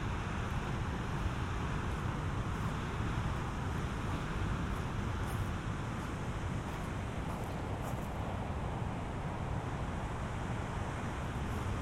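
A walk on a beach near Vik in southern Iceland, heard as a thick, unbroken roar of surf and wind, deep and rumbling underneath with a hissing edge on top. The level holds steady throughout, with brief faint crackles near five and eight seconds.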